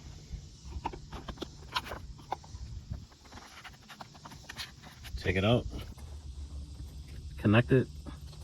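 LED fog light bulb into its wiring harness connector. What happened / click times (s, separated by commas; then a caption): Handling sounds only; the connector has not clicked home yet / none. A new Oxilam LED fog light bulb is handled at its wiring harness connector behind the bumper of a 2012 Nissan Maxima, with small taps and handling sounds over a low background rumble while someone talks. Nothing has seated or clicked yet.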